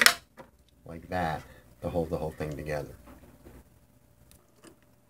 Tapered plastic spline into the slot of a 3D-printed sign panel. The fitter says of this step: obvious right there or not when they go in they snap into place like